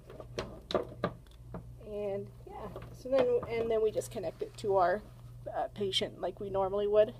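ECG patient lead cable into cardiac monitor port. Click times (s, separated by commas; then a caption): 0.4 s. An ECG patient lead cable is pushed into its port on the side of a Philips MRx cardiac monitor; it only goes in one way and snaps in with a sharp click at 0.4 s, seating the cable. A few softer taps follow, then someone talks.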